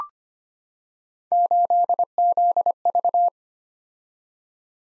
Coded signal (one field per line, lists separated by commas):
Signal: Morse code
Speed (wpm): 25 wpm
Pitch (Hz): 700 Hz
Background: none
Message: 8ZV